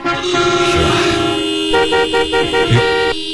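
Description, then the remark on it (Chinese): Several car horns honk over one another in a traffic jam at a village entrance, a steady, overlapping blare with a loud sustained tone and shorter toots pulsing on top amid a low rumble of engines. “哎，坏了，堵车了。”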